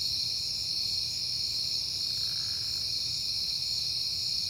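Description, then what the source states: Crickets in a dense, steady chorus, a continuous high shimmering trill with several layered pitches and no breaks, over a faint low rumble. Recorded at night in September on a peaceful night.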